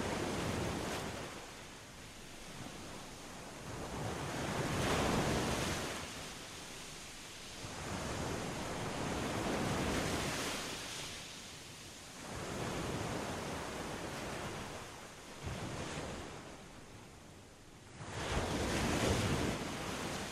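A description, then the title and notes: Waves splash against a rocky shore, each surge building into a full, hissing rush and then easing back. The swells arrive every four to five seconds, peaking around 5, 10, 13 and 19 seconds, over a constant low roar of surf and light wind. Waves Splashing On A Rocky Shore. The sounds of waves splashing on a rock filled shore.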